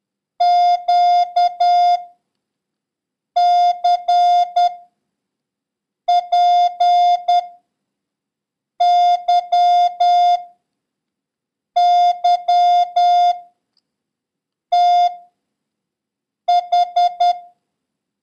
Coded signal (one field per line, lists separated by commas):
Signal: Morse code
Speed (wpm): 10 wpm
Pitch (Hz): 710 Hz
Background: none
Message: QCPYYTH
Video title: International Morse Code: Lesson 8